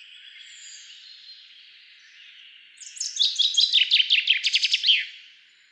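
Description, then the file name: Common chaffinch song: a faint high whistle, then a bright series of rapid chirpy notes ending with a flourish. "Fringilla coelebs"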